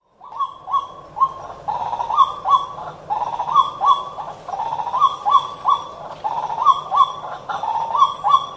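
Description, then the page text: White-breasted waterhen song: harsh, throaty kwau notes repeated about three times a second at a steady pitch. Song type B: a hoarse, phlegmy wailing that often opens with kwau-kwau-kwau, then kwururu-wawa repeated; frequently two or more birds call together. "臺灣繁殖鳥類大調查 - 白腹秧雞"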